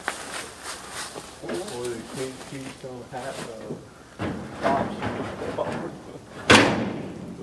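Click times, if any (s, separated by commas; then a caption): 6.5 s. The steel hood of a 1952 car is closed down onto its latch with a slam-like impact at 6.5 s, and the hood latches. Someone talks before the slam, and there is a faint sharp tick near the start.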